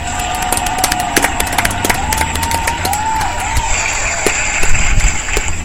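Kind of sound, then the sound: sound effect, applause sound effect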